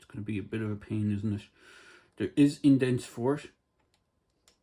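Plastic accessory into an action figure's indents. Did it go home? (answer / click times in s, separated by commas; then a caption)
no / none. Someone talks while trying to press a plastic accessory into the indents on a Super7 G.I. Joe Ultimates Red Laser action figure, followed by two faint soft ticks of handling noise around 3.9 s and 4.5 s. Nothing has clicked into place; the accessory only rests in the indents, and the slightest nod knocks it out of place.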